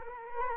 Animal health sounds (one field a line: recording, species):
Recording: mosquito wingbeat signal from an infrared sensor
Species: Culex quinquefasciatus